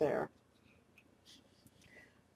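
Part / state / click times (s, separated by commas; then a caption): hidden magnet catch on a paper door of a paper model house / seated / 1.0 s. A small paper door on a handmade paper fairy house is closed, and a magnet hidden behind the paper snaps it shut. Someone talks briefly at the start, then a soft click of the magnet catch is heard at 1.0 s amid quiet handling sounds. The door is held shut by the magnet.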